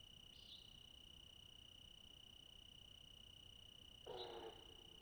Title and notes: Okanagon National Forest, All-night Cricket Ending. Crickets sing throughout